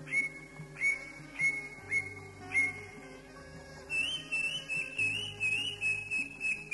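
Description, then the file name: Leafbird whistling: spaced, sharp whistled notes, then a faster, wavering run of higher whistles; steady low tones in the background. "cucak ijo"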